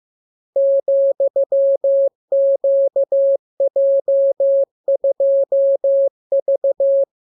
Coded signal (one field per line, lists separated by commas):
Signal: Morse code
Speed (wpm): 15 wpm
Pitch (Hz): 550 Hz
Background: none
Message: ,QJ2V